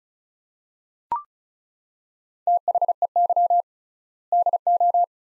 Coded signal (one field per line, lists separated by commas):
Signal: Morse code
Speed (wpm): 36 wpm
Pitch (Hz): 700 Hz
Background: none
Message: THEY DO